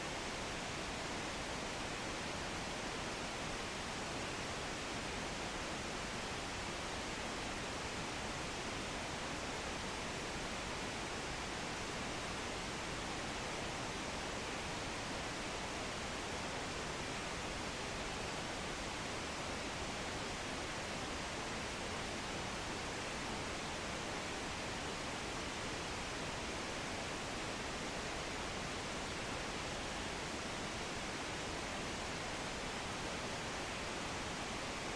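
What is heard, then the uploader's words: Pink noise holds completely steady for the whole clip, a dense, even hiss with a full low rumble and softer highs. Pink noise, ruido rosa, bruit rose, sound machine.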